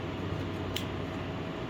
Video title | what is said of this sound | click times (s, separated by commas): mad man's mini's my drone sponsor invites me to fly expensive dji drones | that just clicks right in there. | 0.8 s